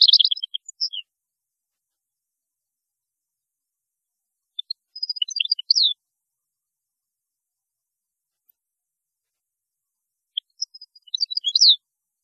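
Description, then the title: European goldfinch twittering song phrases, three short bursts of tinkling high notes separated by long silent pauses. "Chant Chardonneret"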